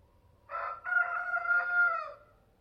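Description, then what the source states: Chicken: rooster crowing once, a hoarse cock-a-doodle-doo that opens with a short broken note and then holds a long, strained, wavering cry before fading. Male (rooster).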